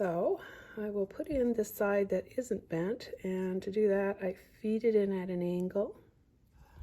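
Someone talks while feeding the undamaged, unbent side of a zipper's tape and teeth at an angle into a zipper slider (pull) to repair a zipper whose pull came off. Nothing has seated or clicked into the slider yet.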